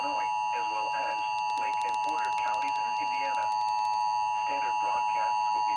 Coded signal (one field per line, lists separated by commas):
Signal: Emergency Alert System (SAME) tones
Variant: 853 and 960 Hz attention tone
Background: speech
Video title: (Xfinity) EAS TORNADO WARNING AGAIN on TV! (6/26/2021) (EAS #37)